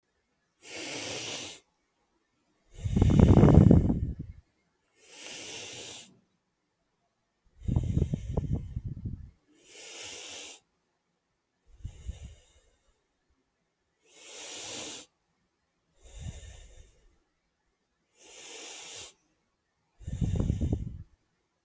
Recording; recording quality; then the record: deep breathing; excellent, no background noise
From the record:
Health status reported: healthy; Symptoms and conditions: none ticked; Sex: male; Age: 25 years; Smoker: not ticked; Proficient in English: yes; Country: India